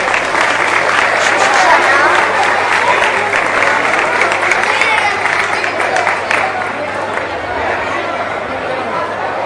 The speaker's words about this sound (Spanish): Un aplauso para él.